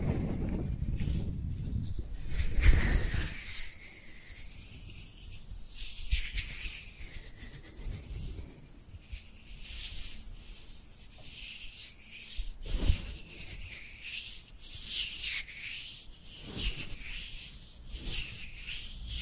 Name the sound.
Dry Dry Dry Hand Sounds